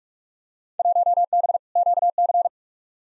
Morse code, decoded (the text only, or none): 1B QC